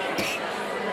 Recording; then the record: coughing mixed with background sound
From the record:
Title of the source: 64 coughing, allergies, singing lungs